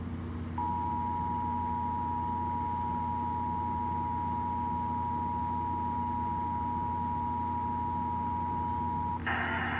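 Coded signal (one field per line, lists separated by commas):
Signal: Emergency Alert System (SAME) tones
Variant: 853 and 960 Hz attention tone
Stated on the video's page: Tornado warning EAS activation, old recording, audio taken from an FM radio station on 96.3 FM.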